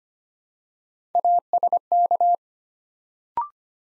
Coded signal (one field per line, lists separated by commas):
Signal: Morse code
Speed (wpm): 25 wpm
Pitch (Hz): 700 Hz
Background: none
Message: ASK